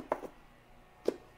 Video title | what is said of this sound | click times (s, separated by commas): How to make a Neck-Ring & Collar | and it pops into place | 0.1 s